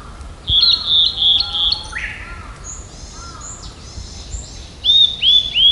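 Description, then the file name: Blue-and-white flycatcher singing high, clear whistled notes in a run, then a quick downslurred buzz and further sweet phrases; softer lower whistles beneath. "ooruri"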